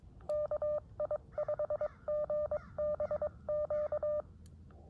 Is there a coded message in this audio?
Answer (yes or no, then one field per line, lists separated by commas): yes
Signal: Morse code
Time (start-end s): 0.3-4.2 s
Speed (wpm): 22 wpm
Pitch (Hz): 600 Hz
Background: none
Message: KI5GBQ